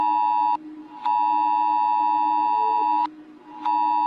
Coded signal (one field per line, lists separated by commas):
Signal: Emergency Alert System (SAME) tones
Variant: 853 and 960 Hz attention tone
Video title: EAS Alarms desreveR (read desc)